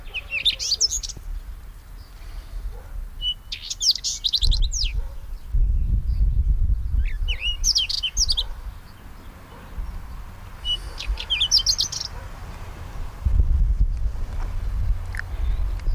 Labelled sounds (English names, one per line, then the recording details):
Whinchat song
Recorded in the wild
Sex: male
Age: adult
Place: Bötzow - Krämer, Brandenburg, DE
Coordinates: 52.6736, 13.0725
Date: 1997-05-18 14:17
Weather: sunny, 27°C, partly gusty winds
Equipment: Sony MD-WM MZ-R3, Sennheiser MKH 416 T, Kopie Uher 4000 Report Monitor
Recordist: Tembrock, Günter
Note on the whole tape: Braunkehlchen (?): Gesang (mit Imitationen, z.B. Buchfink) längere Strecke, Tier nicht gesehen